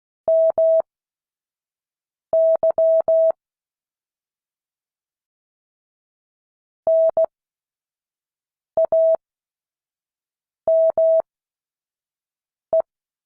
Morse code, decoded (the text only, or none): MY NAME